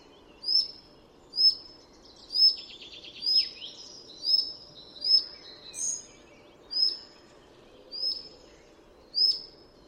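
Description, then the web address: Collared flycatcher song: a high, thin whistle repeated roughly once a second, broken by brief bursts of scratchy, chattering notes, over faint background noise. "chant didier collin gobemouche a collier"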